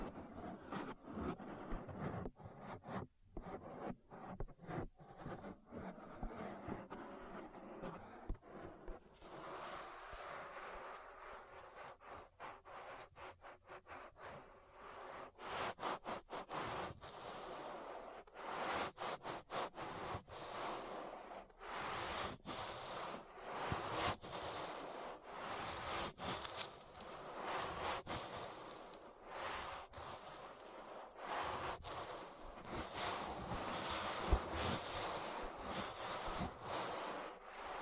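An ear massage: steady rubbing and scratching strokes against the microphone, dense and continuous for the whole stretch. The texture is mostly soft and mid-toned with brief bright crackles, broken by frequent short gaps, especially in the first fifteen seconds.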